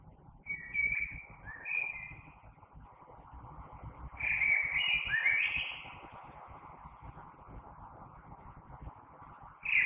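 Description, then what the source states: Common blackbird song: clear fluty whistled phrases, two early and a longer richer one midway, ending with another phrase, over faint low hum. Recorded 3 March 2020.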